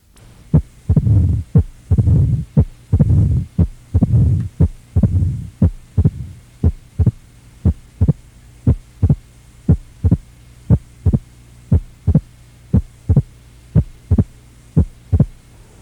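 Heart heard at the cardiac apex with the stethoscope bell in an adult with mild mitral stenosis, about 59 beats per minute. With the bell resting lightly, a low-pitched diastolic rumble fills the gaps between beats. After several beats the bell is pressed firmly against the chest and the murmur becomes inaudible, leaving only the heart sounds.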